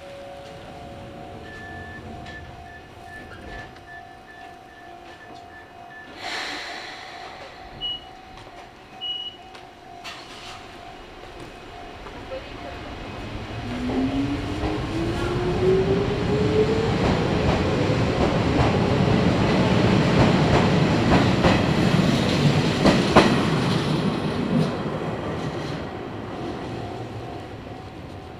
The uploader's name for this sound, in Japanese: 伊豆箱根鉄道 大雄山線 穴部→塚原→五百羅漢